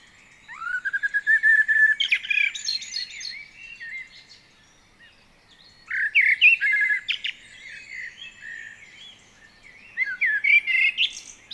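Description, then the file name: Common blackbird song: three fluted warbling phrases, each ending in a high squeaky twitter, separated by short pauses. "Turdus merula"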